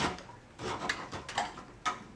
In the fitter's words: and locks in place